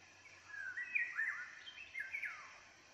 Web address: geai chant